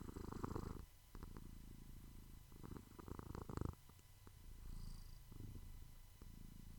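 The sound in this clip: Cat purring, a soft, low rumbling vibration in alternating bursts with breathing, quiet throughout.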